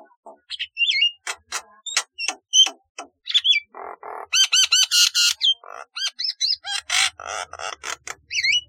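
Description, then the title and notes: Starling song: a rapid, varied run of dry clicks, short whistles and rich harmonic notes, some rising and falling, delivered in quick bursts with brief pauses. "Kicau Burung Jalak"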